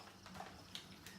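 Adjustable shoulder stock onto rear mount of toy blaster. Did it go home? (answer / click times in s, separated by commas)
yes / 0.8 s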